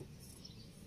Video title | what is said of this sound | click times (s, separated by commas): REPLACED NEW WIPER BLADE WITH LOCK | Ayan so hilahin lang po natin Ayan lalaga tik na po siya So naka-lock na po yan | 0.5 s